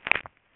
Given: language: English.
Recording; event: throat vibration sensor signal played as sound; swallow